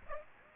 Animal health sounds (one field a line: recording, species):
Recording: mosquito wingbeat signal from an infrared sensor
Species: Aedes aegypti